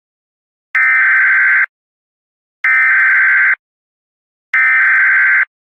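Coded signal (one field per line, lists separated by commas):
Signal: Emergency Alert System (SAME) tones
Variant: header bursts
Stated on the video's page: Fictional EAS scenario using valid EAS tones.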